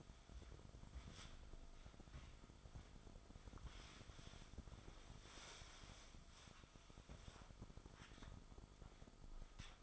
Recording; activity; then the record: daily activity, microphone in the room; wipe stove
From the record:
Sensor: 5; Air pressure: 1004.9 hPa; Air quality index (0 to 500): 103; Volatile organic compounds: 2 ppm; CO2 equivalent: 1261 ppm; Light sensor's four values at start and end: 32/72/30/30 and 33/73/31/31